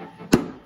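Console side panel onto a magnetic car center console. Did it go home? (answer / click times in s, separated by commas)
yes / 0.3 s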